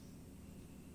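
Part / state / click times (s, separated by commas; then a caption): plastic cap onto refrigerator water filter cartridge / not seated / none. A plastic cap is being turned clockwise onto a new refrigerator water filter cartridge, heard only as a steady broadband hiss with a low hum and no distinct clicks. Nothing has seated or snapped into place yet.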